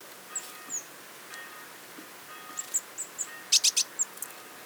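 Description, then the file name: Eurasian blue tit giving thin, very high, short call notes, scattered then bunched near the end with a few sharp clicks, over a soft steady background hiss. "Cyanistes caeruleus"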